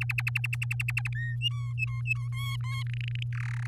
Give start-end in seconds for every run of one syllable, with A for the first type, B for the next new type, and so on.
0.01-1.09 A, 1.15-1.36 B, 1.41-2.29 C, 2.32-2.83 D, 2.86-3.23 E, 3.32-3.67 F